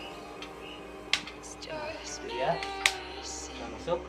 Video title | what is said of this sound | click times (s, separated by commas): Masuk Pesanan dari malaysia Tes akurasi & bongkar pasang sebelum di kirim Senapan Predator tactical | kalau untuk pemasangan magazine harus sampai ada bunyi klik | 1.1 s